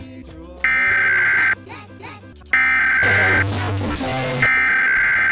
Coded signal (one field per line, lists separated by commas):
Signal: Emergency Alert System (SAME) tones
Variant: header bursts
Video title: First national EAS mock. (Kinda bad lol)